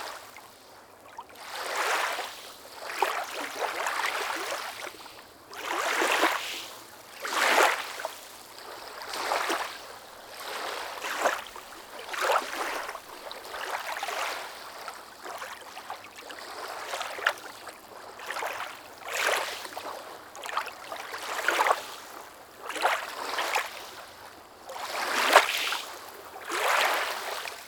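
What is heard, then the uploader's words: Small waves wash in against a pier in a steady, irregular rhythm, each one a soft hissing splash that swells and fades within a second or two, arriving every couple of seconds. The water sounds close and bright, over a faint low rumble. These calming, small waves come up to meet the pier.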